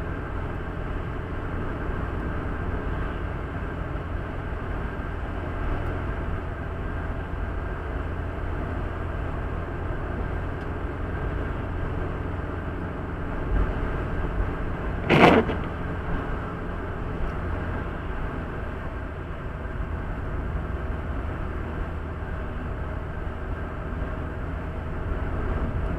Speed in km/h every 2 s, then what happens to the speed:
81, 80, 80, 78, 79, 79, 82, 81, 79, 75, 74, 75, 76.
0-13 steady at about 80. 13-19 slows to 74. 19-26 steady at about 75.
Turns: none.